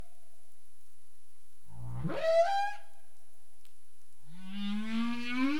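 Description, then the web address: Humpback whale calls: a grunt that rises steeply into a tonal whoop, then a harmonic moan that climbs gradually in pitch. Caribbean; 27 April 2035 at 22:17 UTC. "CARIMAM clean data humpback whale"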